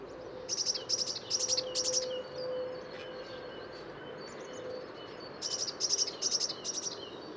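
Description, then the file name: Eurasian blue tit calling in high, clipped notes, four in a row at the start and four more at the end, with a quiet gap and soft hiss between. "Cyanistes caeruleus"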